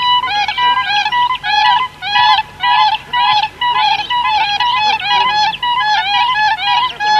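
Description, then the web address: Siberian crane calls: loud, repeated groups of high, fluting, slightly bending notes from more than one bird, in rhythmic bursts separated by brief pauses. "earth naturelibrary assets s si siberian crane"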